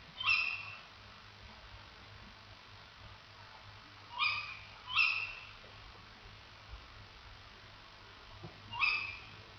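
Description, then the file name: Tawny owl giving short, sharp, nasal calls, a single note, then two close together, then one more after a pause, over quiet background. "Allocco"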